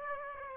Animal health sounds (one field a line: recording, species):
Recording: mosquito wingbeat signal from an infrared sensor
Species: Aedes aegypti